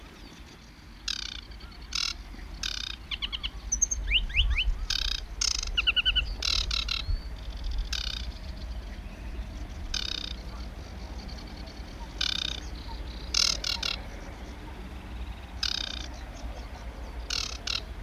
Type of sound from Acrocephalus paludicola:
song